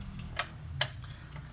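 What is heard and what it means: A suspension damper piece is inserted from one side into the tub bracket of a Whirlpool Digital Xpert System washing machine that makes noise while washing, then turned clockwise until it hooks in. Faint ticks at about 0.2 s and 0.4 s precede a sharp tick at 0.8 s, followed by a softer one near 1.0 s. The part is seated and stays hooked at 0.8 s.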